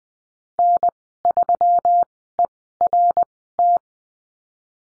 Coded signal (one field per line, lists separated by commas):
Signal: Morse code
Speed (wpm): 20 wpm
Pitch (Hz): 700 Hz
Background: none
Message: N3ERT